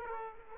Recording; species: mosquito wingbeat signal from an infrared sensor; Aedes aegypti